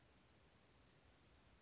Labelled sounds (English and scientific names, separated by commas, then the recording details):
Western Flycatcher (Empidonax difficilis)
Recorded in Sonoma County, California